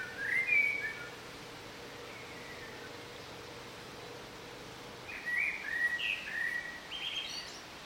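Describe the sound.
Bird song: a short whistled phrase at the start, a quiet pause, then a second burst of slurred whistles and chirps.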